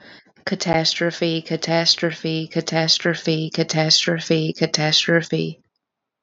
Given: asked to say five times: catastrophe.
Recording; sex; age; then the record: repeated word; female; 30 to 39 years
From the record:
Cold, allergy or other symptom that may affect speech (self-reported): no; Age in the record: 31 years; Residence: Pennsylvania, United States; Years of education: 12